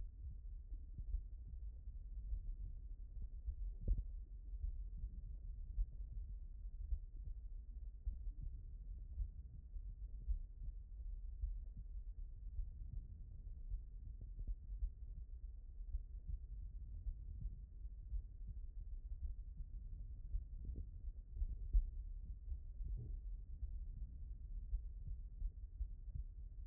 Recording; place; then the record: heart sounds by stethoscope; aortic valve (AV)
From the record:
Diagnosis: HFrEF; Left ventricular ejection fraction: 33%